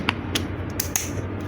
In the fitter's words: Yeah, you heard that, a click sound.